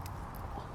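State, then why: Not seated. An electrical wiring connector is pushed up onto the VTC oil control valve of a 2013–2017 Honda Accord engine during an O-ring replacement. The clip holds only a steady low rumble with faint handling noise and no distinct transients. The connector has not clicked or seated yet.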